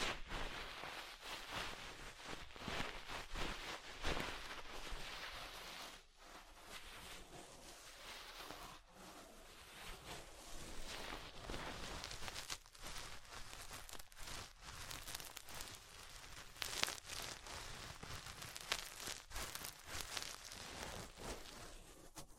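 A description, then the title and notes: Ear cleaning sounds: a dense, crackling, scratchy rustle that runs almost without break, bright and hissy like rain on a surface. Loudness stays fairly even, with brief gaps near 6, 9 and 12 seconds and a sharper tick around 17 seconds. ASMR Deep Ear Cleaning Session.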